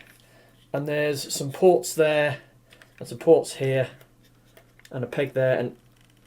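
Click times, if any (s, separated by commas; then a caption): none. A plastic toy combiner foot piece is handled against the robot leg's ports and peg while someone talks, with a few faint handling ticks between the words. Nothing has seated or clicked yet.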